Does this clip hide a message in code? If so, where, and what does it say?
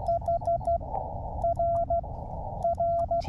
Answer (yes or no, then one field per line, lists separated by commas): yes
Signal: Morse code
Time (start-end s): 0.1-3.2 s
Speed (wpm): 14 wpm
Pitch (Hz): 680 Hz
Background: radio noise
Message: H R R